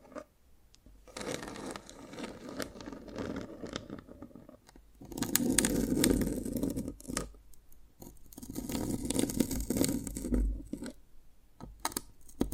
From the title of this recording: Dalgona Candy Challenge Tapping, Cracking Triggers